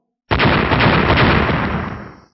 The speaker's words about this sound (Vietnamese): Lôi cầu và diễm đao va vào nhau, liền liên tiếp truyền ra tiếng nổ long trời lở đất, hiện ra mấy vầng mặt trời, khiến cho hư không gần đó một hồi ông ông chớp lên.